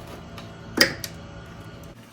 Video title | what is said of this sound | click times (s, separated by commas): 2014-2018 TOYOTA RAV4 FRONT GRILL/CLIP REMOVAL & INSTALL IN ORDER TO GET ACCESS TO REPLACE THE HORNS | When attaching these pigtails, make sure you hear the little detent of that plastic clip snapping over the little tab on the fog lights or harness, telling you do have it in properly. | 0.8 s